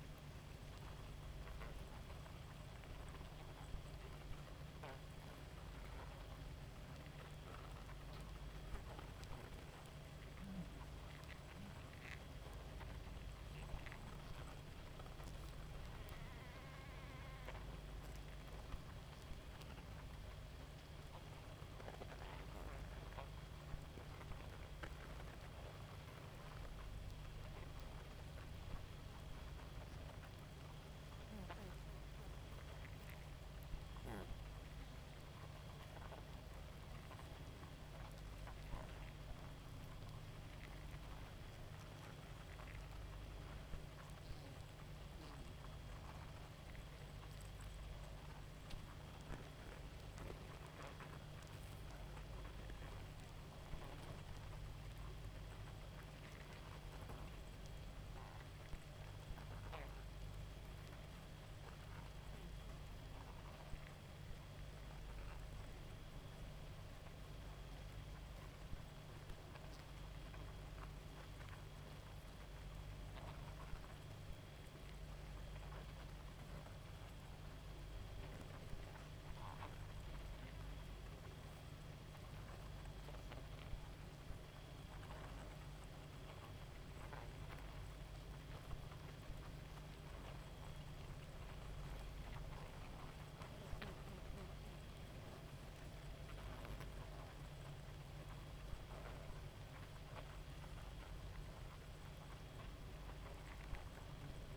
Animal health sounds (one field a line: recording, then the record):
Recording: honeybee colony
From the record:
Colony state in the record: active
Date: 28 July 2017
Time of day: 0:06